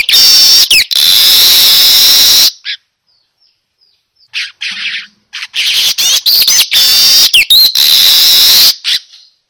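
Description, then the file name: Weaver song in harsh, sizzling buzzy bursts with thin whistled slurs, separated by a long quiet gap and several shorter breaks. Lure sound (pancingan) of a manyar weaver described as gacor, meaning singing loudly and continuously. "Suara Pancingan Burung Manyar Gacor Dor"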